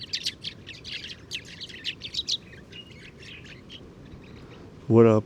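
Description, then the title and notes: Sudan golden sparrows chirping rapidly for a few seconds, then fading, before a sudden loud, low harmonic sound at the end. 7 March 2019, morning, Oued Enoicre, Tagant, Mauritania; oasis, where very common; always in family flocks, gathering in evening roosts; at roost site spotted the day before; Tlp7 and MixPre 3. "Moineau doré ou Moineau jaune - Mauritanie. 7 mars 2019-Oued Enoicre - Tagant - Mauritanie"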